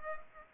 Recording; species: mosquito wingbeat signal from an infrared sensor; Culex pipiens